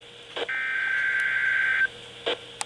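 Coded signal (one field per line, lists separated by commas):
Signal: Emergency Alert System (SAME) tones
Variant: header bursts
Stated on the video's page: Tornado watch alert from a NOAA Weather Radio station for Florida counties and coastal waters.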